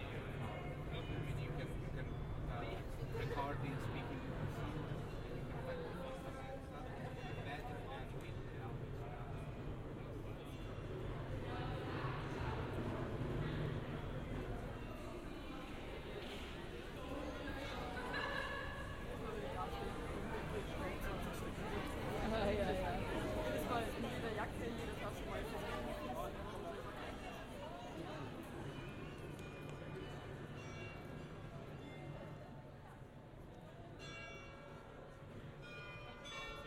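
Visitors of the Landhaus talk in a steady, dense murmur of overlapping voices, with a low rumble through the first fifteen seconds and occasional clinks.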